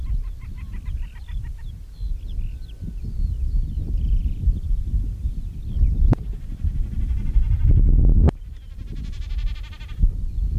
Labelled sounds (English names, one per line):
Common Snipe